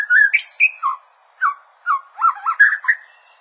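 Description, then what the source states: Bird song in short bursts: warbled whistles and slurred notes with brief pauses, then a quick jumble of twisting phrases. Quite good song.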